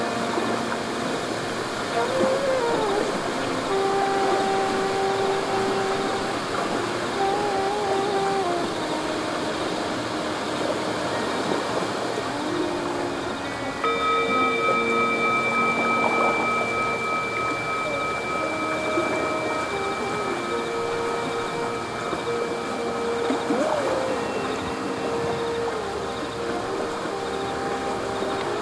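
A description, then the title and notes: River water rushes steadily and evenly underneath from start to finish. Over it, a flute plays slow, sustained notes in a low-to-middle range, gliding between pitches; from about 14 seconds a long, brighter held tone rings above the melody. Immerse yourself in the calming sounds of gently flowing river water.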